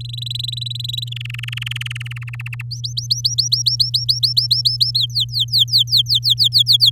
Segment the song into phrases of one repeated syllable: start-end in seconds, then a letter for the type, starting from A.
0.00-1.09 A, 1.11-2.18 B, 2.21-2.62 C, 2.71-4.91 D, 4.95-6.90 E